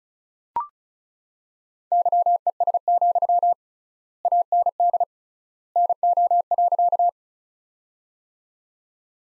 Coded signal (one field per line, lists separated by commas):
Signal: Morse code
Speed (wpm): 36 wpm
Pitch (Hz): 700 Hz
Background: none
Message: YES, AND NO.